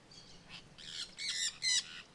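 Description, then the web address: Jandaya parakeet giving a few harsh, raspy squawks that grow louder toward the end. Singing in the forest at Terra Ronca. "Jandaia verdadeira cantando na mata. terra ronca"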